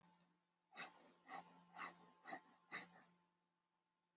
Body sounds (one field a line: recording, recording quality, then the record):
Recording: shallow breathing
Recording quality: excellent, no background noise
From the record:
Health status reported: healthy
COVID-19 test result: not tested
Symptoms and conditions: none ticked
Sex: female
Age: 30 years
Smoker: not ticked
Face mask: not worn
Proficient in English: yes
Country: United States